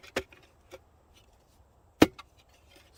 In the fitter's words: Snaps in place, goes